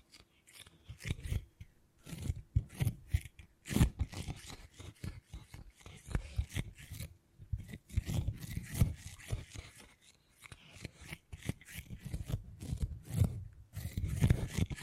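Beeswax is handled in a steady stream of soft, crinkly scraping and rubbing, with quick sharp ticks and snips scattered throughout. The textured sounds come in dense little bursts with brief pauses, and a low, muffled thumping rises and falls beneath them.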